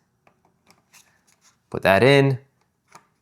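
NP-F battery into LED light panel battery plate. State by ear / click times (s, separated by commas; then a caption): not seated / none. A Neewer NP-F750 style camera battery, the first of two, is held and lined up on the two holes of an LED light panel's battery plate, ready to be pushed over to lock. Soft rubbing and light placement taps are heard, and someone talks briefly in the middle. Nothing has clicked or locked yet.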